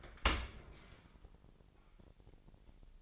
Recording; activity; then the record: daily activity, microphone in the room; open dishwasher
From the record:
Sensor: 5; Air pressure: 1000.9 hPa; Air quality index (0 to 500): 248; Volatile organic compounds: 35 ppm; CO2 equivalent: 3058 ppm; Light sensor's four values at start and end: 31/70/28/26 and 31/72/28/27